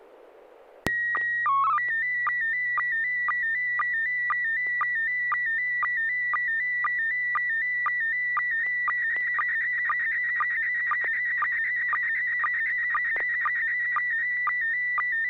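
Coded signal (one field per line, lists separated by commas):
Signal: SSTV (slow-scan television)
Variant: PD 120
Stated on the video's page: SSTV net on a 441.300 MHz FM repeater, sent with MMSSTV software.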